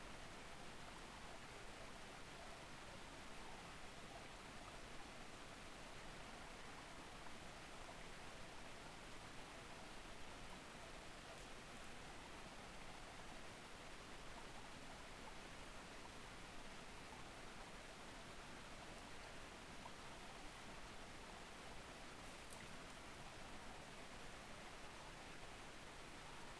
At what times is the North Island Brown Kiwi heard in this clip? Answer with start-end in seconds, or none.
none